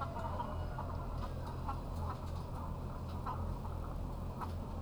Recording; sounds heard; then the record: poultry house recording; sick chickens (respiratory disease)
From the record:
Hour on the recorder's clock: 0